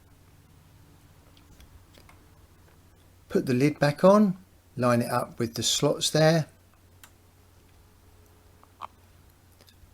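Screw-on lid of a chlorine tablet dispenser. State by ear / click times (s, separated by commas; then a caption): seated / 8.9 s. The plastic screw-on lid of a LAY-Z-SPA ChemConnect chlorine tablet dispenser is lined up with its slots, pushed down and turned clockwise while someone talks. A sharp click at 8.9 s marks the lid locking into place, and it is now seated.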